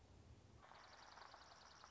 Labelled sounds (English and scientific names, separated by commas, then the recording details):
Dark-eyed Junco (Junco hyemalis)
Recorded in Sonoma County, California